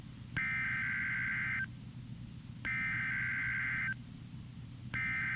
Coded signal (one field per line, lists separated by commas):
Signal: Emergency Alert System (SAME) tones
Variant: header bursts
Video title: EAS #1461 - TROPICAL STORM WARNING 6-5-2016